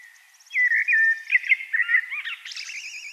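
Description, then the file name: Common blackbird song: a loud, clear, mellow fluted warble that rises into a rapid, scratchy high-pitched twitter at the end; faint high trilling early on. "Turdus merula"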